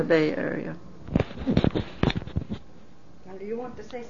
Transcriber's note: disturbance to the microphone